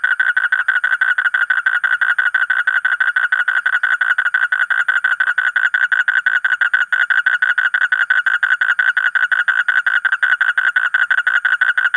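Asian common toad trilling steadily, a continuous run of rapid, evenly spaced buzzy pulses that never pauses.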